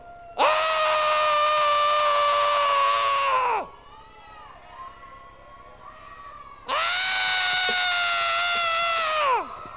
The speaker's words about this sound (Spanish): Grito.